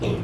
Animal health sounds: contact call of a hoofed animal; pig; closed-mouth grunt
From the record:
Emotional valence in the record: negative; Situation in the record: short social isolation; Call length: 0.24 s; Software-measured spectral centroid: 1760 Hz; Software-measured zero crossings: 970 a second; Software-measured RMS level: -25 dBFS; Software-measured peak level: -12 dBFS

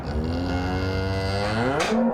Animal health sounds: contact call of a hoofed animal; cattle; low-frequency (closed-mouth) or high-frequency (open-mouth) call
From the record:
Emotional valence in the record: negative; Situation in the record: full separation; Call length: 2.2 s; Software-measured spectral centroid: 1920 Hz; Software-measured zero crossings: 1590 a second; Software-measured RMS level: -24 dBFS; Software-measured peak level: -11 dBFS

